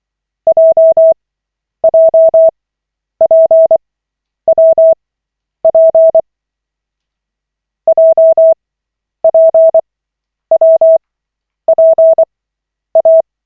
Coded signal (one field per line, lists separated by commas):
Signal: Morse code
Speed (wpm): 24 wpm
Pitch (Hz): 650 Hz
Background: none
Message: JJPWP JPWPA